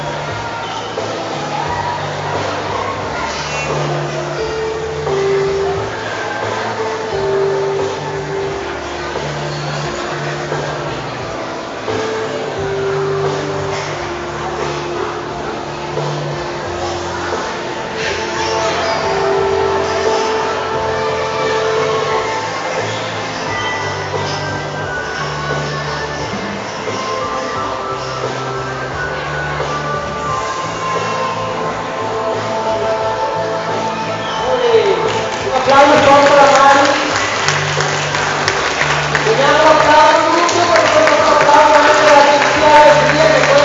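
Busy casino din during a soap-bubble workshop in a shopping centre: steady chatter under layered electronic tones, swelling louder with warbling sounds after 35 seconds.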